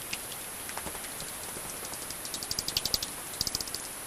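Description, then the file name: Common pipistrelle echolocation calls as scattered dry clicks, building into two short bursts of rapid ticking in the second half. "pip 45 bat"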